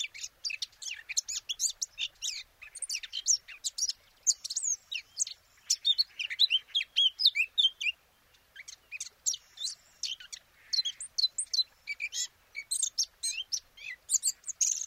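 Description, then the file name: Eurasian blackcap singing long bursts of scratchy chatter and whistled notes, with one short silence near the middle. "Sylvia atricapilla"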